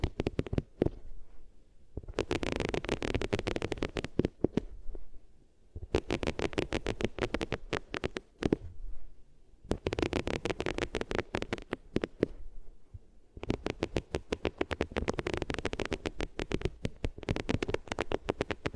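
Materials are rubbed against the ears in bursts of dense, scratchy friction, each lasting two to four seconds, separated by short quiet pauses. The rubbing is coarse and crackly, with fast irregular scrapes that reach from a low rumble up into a bright hiss.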